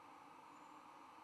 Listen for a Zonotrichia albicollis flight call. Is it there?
no